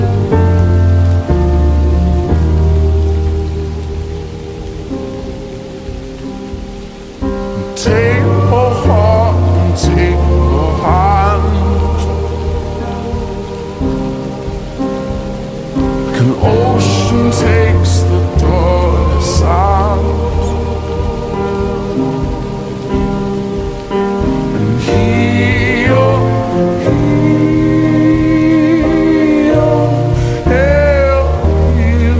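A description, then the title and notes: Dark academia atmosphere with rain: slow, moody music built on deep repeating bass notes and held chords, with brighter melodic notes and a few sliding tones drifting in. A steady rain hiss runs underneath. The music thins around five to seven seconds, then swells back fuller. Dark academia atmosphere plus rain.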